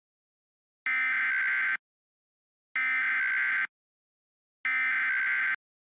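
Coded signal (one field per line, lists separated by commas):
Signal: Emergency Alert System (SAME) tones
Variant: header bursts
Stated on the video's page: EAS recreation of a past tornado event, not a live alert.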